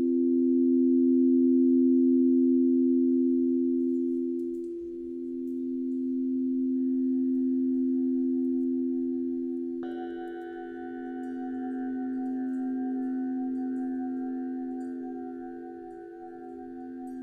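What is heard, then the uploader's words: A sound bath of sustained, humming tones, a low steady drone that swells and fades slowly, dipping about every five or six seconds. Around seven seconds, and again near ten, higher ringing overtones join and linger, brightening the mix. Self-Love Sound Bath.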